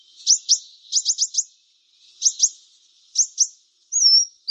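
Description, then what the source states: Brown-throated Sunbird singing quick clusters of high, sharp chips, two to four at a time, then a thin, slurred whistle near the end. Indonesian name Kolibri Kelapa; described as gacor, meaning singing vigorously.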